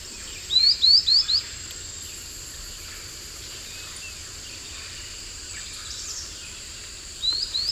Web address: Natures Songs S America Eastern Lowlands. Ornithion inerme, song